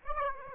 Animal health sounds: mosquito wingbeat signal from an infrared sensor; Aedes aegypti

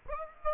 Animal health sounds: mosquito wingbeat signal from an infrared sensor; Aedes aegypti

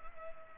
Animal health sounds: mosquito wingbeat signal from an infrared sensor; Culex pipiens

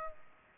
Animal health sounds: mosquito wingbeat signal from an infrared sensor; Culex pipiens

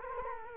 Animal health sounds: mosquito wingbeat signal from an infrared sensor; Culex quinquefasciatus

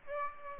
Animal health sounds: mosquito wingbeat signal from an infrared sensor; Aedes aegypti

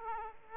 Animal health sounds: mosquito wingbeat signal from an infrared sensor; Aedes aegypti

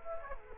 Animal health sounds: mosquito wingbeat signal from an infrared sensor; Culex quinquefasciatus

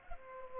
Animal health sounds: mosquito wingbeat signal from an infrared sensor; Culex pipiens

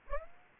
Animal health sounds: mosquito wingbeat signal from an infrared sensor; Aedes aegypti

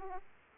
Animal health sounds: mosquito wingbeat signal from an infrared sensor; Aedes aegypti

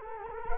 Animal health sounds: mosquito wingbeat signal from an infrared sensor; Culex quinquefasciatus

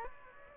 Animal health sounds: mosquito wingbeat signal from an infrared sensor; Aedes aegypti

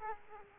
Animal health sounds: mosquito wingbeat signal from an infrared sensor; Aedes aegypti

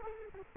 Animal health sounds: mosquito wingbeat signal from an infrared sensor; Culex quinquefasciatus

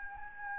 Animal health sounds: mosquito wingbeat signal from an infrared sensor; Anopheles gambiae

